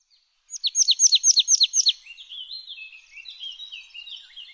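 Bird song, a quick run of about ten high downslurred notes followed by softer thin twittering phrases.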